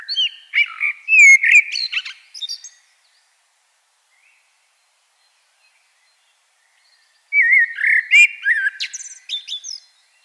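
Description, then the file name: Common blackbird song: a low fluted warble ending in high squeaky twitters, two phrases separated by several seconds of silence. "Turdus merula"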